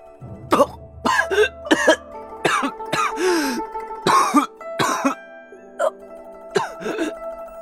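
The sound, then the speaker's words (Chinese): A violent, choking coughing fit: around ten harsh, rasping coughs in ragged, irregular bursts, broken by strained wheezing gasps and throat-clearing, loud and with no talk. “然而这样的较量却被一阵咳嗽声惊动了，那咳呛的人好像要断气似的，光凭声音都能听得出那人狼狈。”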